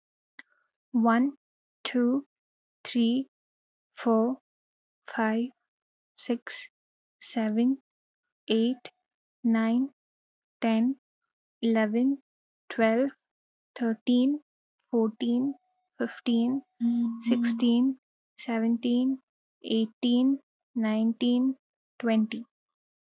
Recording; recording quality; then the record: counting at a normal pace; excellent, no background noise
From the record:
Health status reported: healthy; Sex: female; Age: 23 years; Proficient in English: yes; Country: India